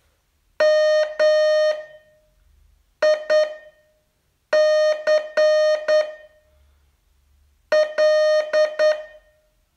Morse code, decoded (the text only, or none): M IC L